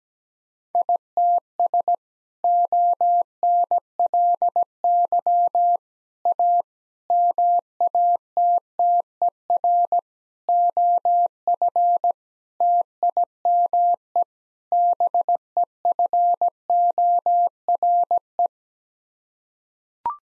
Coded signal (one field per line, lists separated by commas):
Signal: Morse code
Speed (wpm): 17 wpm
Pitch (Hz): 700 Hz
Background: none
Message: ITS ONLY A MATTER OF TIME BEFORE